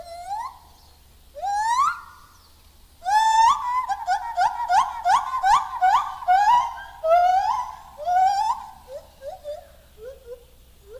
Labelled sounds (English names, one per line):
Lar Gibbon call